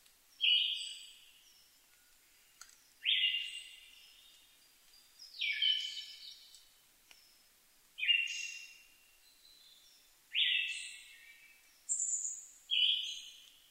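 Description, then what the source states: Siberian thrush repeating short, fading whistled phrases at short intervals, with high thin bird notes layered above. Recorded 2 July 2011 at 05:51.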